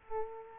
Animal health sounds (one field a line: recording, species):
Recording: mosquito wingbeat signal from an infrared sensor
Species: Aedes aegypti